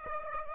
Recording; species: mosquito wingbeat signal from an infrared sensor; Aedes aegypti